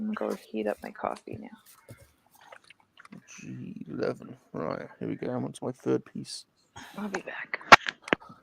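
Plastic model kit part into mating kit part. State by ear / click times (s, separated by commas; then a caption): seated / 7.9 s, 8.1 s. A plastic snap-together model kit piece is pressed into its mating kit part while someone talks. Two sharp clicks at 7.9 s and 8.1 s mark the piece snapping into place and seating.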